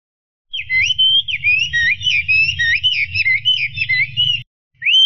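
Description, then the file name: Chinese hwamei singing fast, varied whistled notes that slide and twist, pausing briefly before another rising phrase, with a low rumbling hum behind. "audio kicauan burung hwamei. omkicau"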